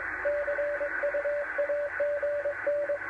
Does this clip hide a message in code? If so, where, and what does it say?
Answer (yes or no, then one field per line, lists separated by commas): yes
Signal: Morse code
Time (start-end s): 0.2-3.0 s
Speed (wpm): 21 wpm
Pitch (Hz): 580 Hz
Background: radio noise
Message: CU AGN